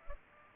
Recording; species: mosquito wingbeat signal from an infrared sensor; Culex pipiens